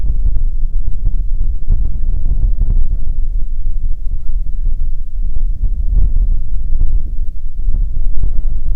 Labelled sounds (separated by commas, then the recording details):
waterfowl, wind
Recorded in the Prudhoe Bay oil fields, Alaska, on 15 May 2019 at 00:03
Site 19